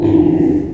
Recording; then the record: squeal of a Yucatan mini pig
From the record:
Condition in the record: before surgery on the right vocal fold (resection and tissue-engineered implant); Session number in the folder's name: 1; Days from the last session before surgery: -21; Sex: female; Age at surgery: 19 weeks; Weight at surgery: 25 kg